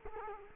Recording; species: mosquito wingbeat signal from an infrared sensor; Culex quinquefasciatus